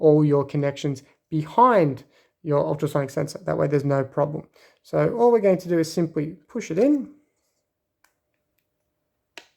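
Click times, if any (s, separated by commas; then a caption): 9.4 s. Someone talks while the pins of an ultrasonic sensor module are pushed into a plastic breadboard. After a quiet gap with faint ticks, a sharp click at 9.4 s marks the sensor seating into the breadboard.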